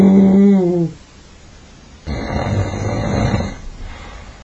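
A dog snoring: a loud, buzzing snore with a clear low pitch and harmonics that fades after about a second. A pause of about a second follows, then a rougher, noisier snoring breath that tails off.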